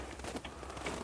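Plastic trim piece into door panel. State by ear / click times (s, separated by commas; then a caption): not seated / none. A contoured plastic trim piece that only fits one way is pushed back into the door panel of a 2004–2010 BMW 6 Series Convertible (E64) during a BAVSOUND Stage One speaker installation. Faint handling and rustling noise is heard, with a brief louder bump near 0.9 s. Nothing has seated or clicked into place yet.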